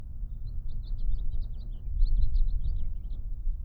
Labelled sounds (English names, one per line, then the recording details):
House Finch song
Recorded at Atlantic Beach West on Long Island, New York, on 2 June 1975
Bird A